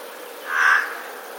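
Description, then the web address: Eurasian jay uttering a single short, harsh rasping screech against faint background hiss. Recorded on 20 March 2022. "wroblowe ostrzegator sojka 20 03 2022"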